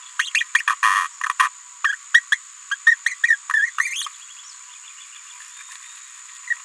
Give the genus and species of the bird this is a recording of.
Forpus passerinus